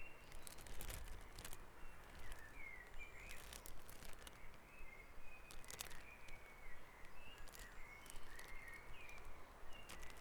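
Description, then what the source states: Birds in a dawn chorus, short chirped and warbled phrases repeating throughout over a constant low rumble and scattered sharp clicks. Dawn chorus recorded at Back Dragon Avenue, Harrogate, as part of a sound map of Harrogate.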